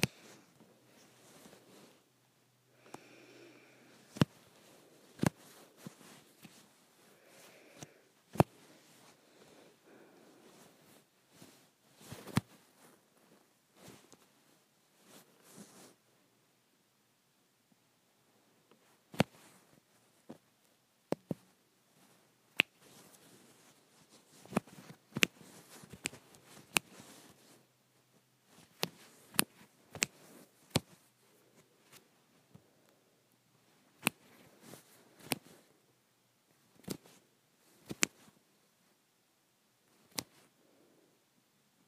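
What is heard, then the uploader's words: Crisp finger snaps ring out one at a time, some landing in quick pairs or clusters and others after pauses of several seconds. Between snaps there is only a faint, soft rustle and hush. ASMR Snapping.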